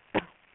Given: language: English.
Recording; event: throat vibration sensor signal played as sound; cough